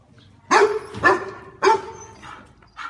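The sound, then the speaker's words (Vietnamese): A dog barks fiercely three times in quick succession, loud, harsh and harmonically rich, followed by a couple of softer trailing yaps as the villagers leading it shout at it to stop. “Một con chó sủa dữ dội, sau đó bị mấy thôn dân dắt nó quát ngăn lại.”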